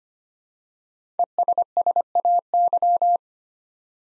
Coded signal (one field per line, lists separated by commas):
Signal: Morse code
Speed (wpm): 25 wpm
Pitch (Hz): 700 Hz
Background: none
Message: ESSAY